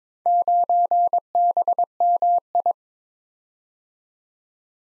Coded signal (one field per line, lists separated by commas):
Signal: Morse code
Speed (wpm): 23 wpm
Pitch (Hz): 700 Hz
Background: none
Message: 9BMI